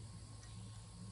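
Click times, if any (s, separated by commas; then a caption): none. The steel cylinder pin of an NAA 22 WMR (magnum) mini revolver is being worked back into the frame after a struggle to get it in. Only a steady low hum and faint handling noise are heard, with no sharp sounds. Nothing has seated or clicked yet.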